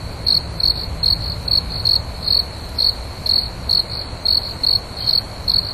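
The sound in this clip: Steady cricket chirping, quick high trilled bursts coming about two or three per second, with faint low-frequency noise in the background.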